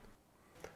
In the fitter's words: and really make sure you hear decisive clicks on all four ends of the reflector